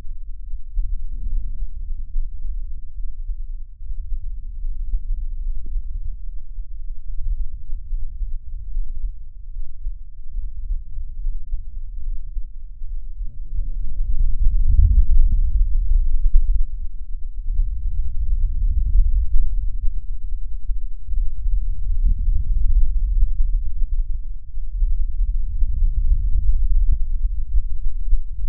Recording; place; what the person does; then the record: lung sounds by stethoscope; right anterior apical chest; quiet breathing, then deep breathing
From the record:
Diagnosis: pulmonary infection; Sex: male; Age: 74 years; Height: 171 cm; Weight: 80 kg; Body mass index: 27.4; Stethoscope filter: bell mode